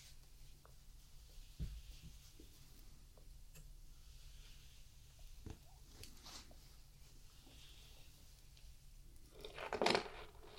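Soft scratchy brushing strokes on a cat, with faint scattered taps and a louder rustling burst near the end.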